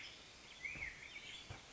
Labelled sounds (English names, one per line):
Black-headed Grosbeak